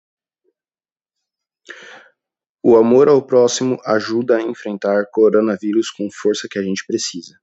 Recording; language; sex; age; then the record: spoken sentence; Brazilian Portuguese; male; 20 to 29 years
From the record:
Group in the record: control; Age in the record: 27 years